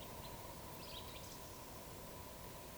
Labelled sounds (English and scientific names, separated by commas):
Eurasian Woodcock (Scolopax rusticola) whistle